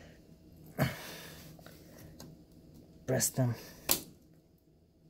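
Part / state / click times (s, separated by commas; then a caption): RAM module into motherboard memory slot / seated / 3.9 s. A desktop RAM stick, 32 GB, is pressed down into the motherboard DIMM slot until the retention clips snap shut, while someone talks. A sharp click at 3.9 s marks the module seating, and it goes in easily.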